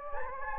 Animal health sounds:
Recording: mosquito wingbeat signal from an infrared sensor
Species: Anopheles gambiae

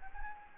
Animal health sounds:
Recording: mosquito wingbeat signal from an infrared sensor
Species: Anopheles gambiae

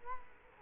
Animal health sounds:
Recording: mosquito wingbeat signal from an infrared sensor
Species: Culex quinquefasciatus

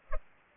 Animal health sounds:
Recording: mosquito wingbeat signal from an infrared sensor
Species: Culex pipiens

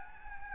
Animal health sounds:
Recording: mosquito wingbeat signal from an infrared sensor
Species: Anopheles gambiae

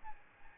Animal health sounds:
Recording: mosquito wingbeat signal from an infrared sensor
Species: Aedes albopictus

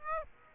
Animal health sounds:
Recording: mosquito wingbeat signal from an infrared sensor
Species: Aedes aegypti

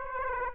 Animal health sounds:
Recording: mosquito wingbeat signal from an infrared sensor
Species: Aedes aegypti

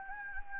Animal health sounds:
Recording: mosquito wingbeat signal from an infrared sensor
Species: Anopheles gambiae

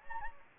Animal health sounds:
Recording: mosquito wingbeat signal from an infrared sensor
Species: Anopheles gambiae

